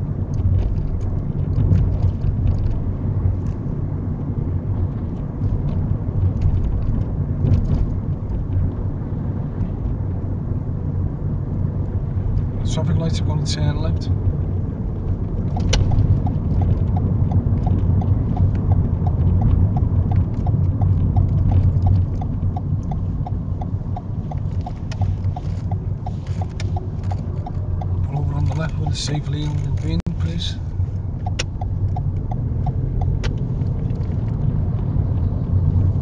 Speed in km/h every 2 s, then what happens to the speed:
39, 39, 39, 37, 35, 35, 35, 34, 32, 29, 24, 19, 15, 15, 16, 21, 26, 27.
0-15 steady at about 35. 15-24 slows to 15. 28-36 speeds up to 27.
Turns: 21-26.